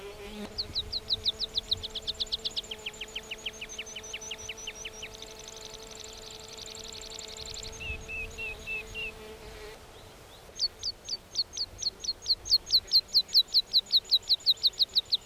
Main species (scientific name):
Anthus pratensis